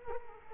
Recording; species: mosquito wingbeat signal from an infrared sensor; Culex quinquefasciatus